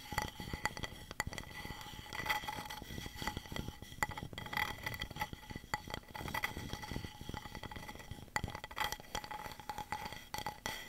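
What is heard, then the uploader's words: Dense tapping and scratching on wood and cork fills the recording, with quick irregular taps mixed with rougher scraping strokes. A steady faint tone sits underneath, and a few brighter, sharper knocks stand out around the second, sixth and ninth seconds. ASMR Wooden And Cork Triggers (tapping & scratching).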